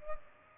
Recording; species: mosquito wingbeat signal from an infrared sensor; Culex pipiens